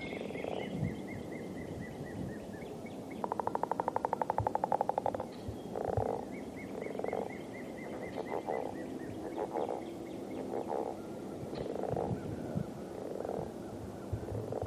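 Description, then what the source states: Leopard frogs calling: a fast pulsed rattle of about two seconds amid soft chuckling grunts, while a high trill sounds in the background. Several leopard frogs.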